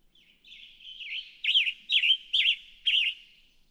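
Western tanager song with a soft burry lead-in followed by four louder hoarse, slurred phrases at an even rhythm.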